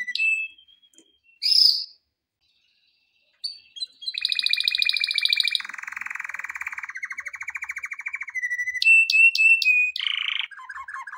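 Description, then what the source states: Canary song: scattered chirps and a pause, then a long run of rapid trills that change pitch several times, ending in quick descending notes. For training canaries.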